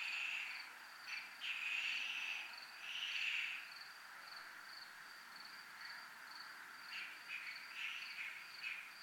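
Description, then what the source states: A steady high cricket trill with strong buzzy swells early on, easing to shorter, scattered rasps in the second half. Crickets recorded at a zona militar (military zone).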